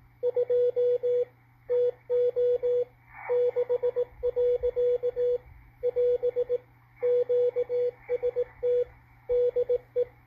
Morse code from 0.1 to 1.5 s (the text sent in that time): 2